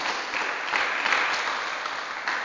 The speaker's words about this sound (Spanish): Así que como hermanos, yo les insto a que le den un buen aplauso, por favor, porque sí nos animó bastante.